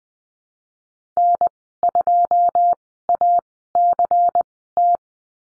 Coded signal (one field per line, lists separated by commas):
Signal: Morse code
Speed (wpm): 20 wpm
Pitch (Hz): 700 Hz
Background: none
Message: N2ACT